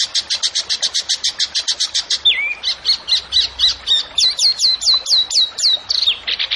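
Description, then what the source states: Zebra finch song opening with a rapid string of high chattering notes, switching to a falling whistle and then repeated down-slurred whistles, each hooked at the end. Masteran, a training recording for songbirds; the bird is singing actively (gacor).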